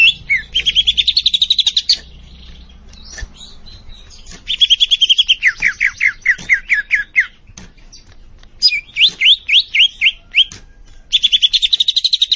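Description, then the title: Leafbird song of rhythmic repeated whistled notes, some falling and slurred, in quick series with pauses between series. Singing actively (gacor). "Cucak Ijo Gacor"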